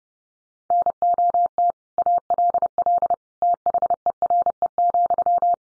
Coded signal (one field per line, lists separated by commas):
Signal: Morse code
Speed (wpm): 30 wpm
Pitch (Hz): 700 Hz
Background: none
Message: NOT ALL THERE,